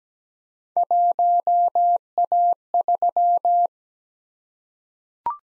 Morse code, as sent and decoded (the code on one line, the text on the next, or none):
.---- .- ...--
1A3